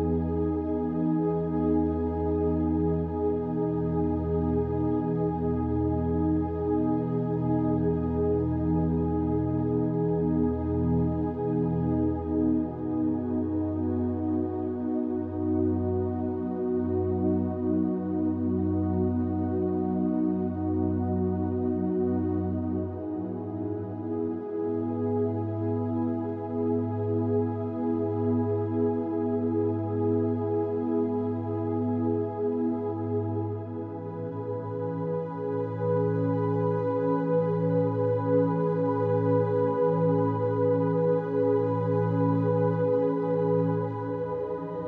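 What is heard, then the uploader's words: Epsilon binaural beats: steady, dense low sustained tones layered with overtones, shifting pitch gently every few seconds at constant loudness throughout. 0.04 hz - Epsilon Binaural Beats.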